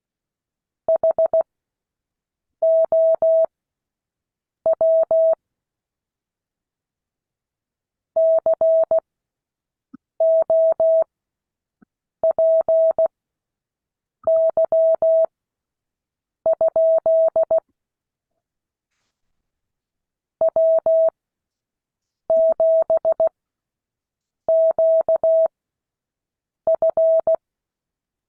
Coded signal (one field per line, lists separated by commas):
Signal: Morse code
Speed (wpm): 16 wpm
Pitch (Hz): 650 Hz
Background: none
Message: HOW COPY? W7QF